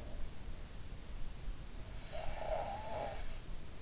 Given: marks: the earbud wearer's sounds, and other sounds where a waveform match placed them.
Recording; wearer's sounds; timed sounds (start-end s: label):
sounds in sleep by an in-ear microphone; snoring breath
1.29-3.63 s: snoring breath